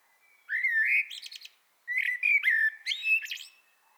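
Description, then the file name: Common blackbird singing two phrases in quick succession, each with melodious, slurred whistles followed by squeaky, chattering high notes. "Turdus merula"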